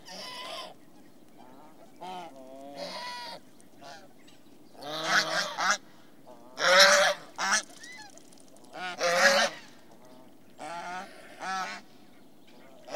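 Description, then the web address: Swan giving nasal, harmonic honking calls in irregular bursts, louder around the middle, with quiet gaps between. "The BBC Sound Effects Library. Swan"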